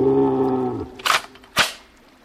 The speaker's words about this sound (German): Ein Hirsch. Er ist sauer, weil wir ihn geweckt haben.